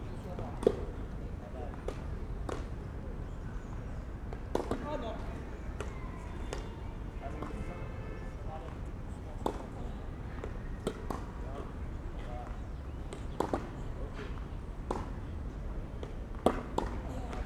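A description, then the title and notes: Outdoors in a park beside tennis courts, sharp ball strikes and bounces pop out every second or two, irregular and fairly close. Voices murmur and call throughout over a steady low hum of the surrounding city. Jardin Du Luxembourg by the tennis courts. Instead I enjoyed positioning myself on a bench between a game of tennis. The tennis courts are behind me and in front we have rows of trees.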